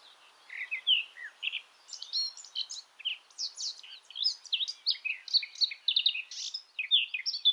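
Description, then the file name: Eurasian blackcap warbling steadily: a quieter start, then a dense, jumbled stream of high chattering and whistled notes without pause. "Sylvia atricapilla"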